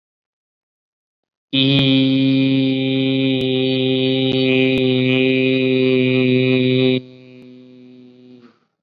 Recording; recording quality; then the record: sustained vowel as in beet; excellent, no background noise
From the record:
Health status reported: COVID-19 positive, mild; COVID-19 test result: positive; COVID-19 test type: rapid antigen test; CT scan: not taken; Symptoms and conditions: fever, fatigue, muscle pain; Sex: male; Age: 18 years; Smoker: no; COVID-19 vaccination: none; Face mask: worn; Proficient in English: yes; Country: India